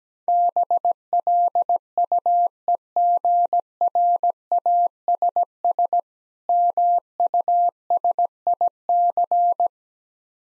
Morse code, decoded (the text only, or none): BLUEGRASS MUSIC